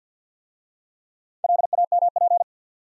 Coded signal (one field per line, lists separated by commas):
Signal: Morse code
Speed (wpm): 53 wpm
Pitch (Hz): 700 Hz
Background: none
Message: LAMP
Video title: Easy Words with Hints - 50wpm